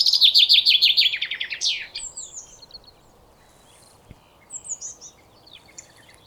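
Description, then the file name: Common chaffinch song: a fast series of repeated notes stepping down in pitch and ending in a sharp flourish, followed by faint chirps. "Fringilla coelebs"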